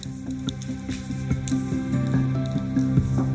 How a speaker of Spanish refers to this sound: Oye, aquí estoy, viendo llover.